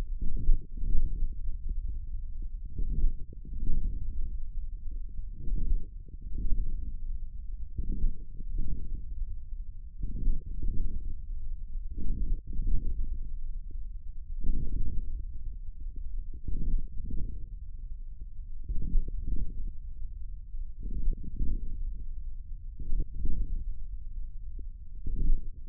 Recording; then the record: forearm muscle sounds (acoustic myography)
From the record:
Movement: hand closing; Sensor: system 1, eight BSWA MPA416 microphones around the upper forearm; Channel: 5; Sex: male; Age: 41 years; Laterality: right